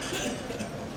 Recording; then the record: coughing mixed with background sound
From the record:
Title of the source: Spring Cold Coughing.